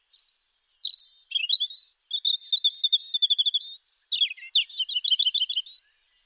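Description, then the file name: European robin song: high whistled notes slide down into fast, liquid trills and rippling twitters, then a second phrase of sharp high notes and quick trilled runs. "Erithacus rubecula"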